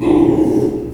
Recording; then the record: squeal of a Yucatan mini pig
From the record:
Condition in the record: before surgery on the right vocal fold (resection and tissue-engineered implant); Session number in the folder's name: 1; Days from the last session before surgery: -3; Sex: male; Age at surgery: 12 weeks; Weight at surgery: 13 kg